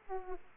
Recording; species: mosquito wingbeat signal from an infrared sensor; Aedes aegypti